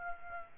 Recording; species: mosquito wingbeat signal from an infrared sensor; Aedes aegypti